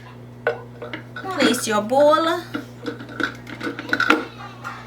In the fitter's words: and lock it into place now we're gonna try the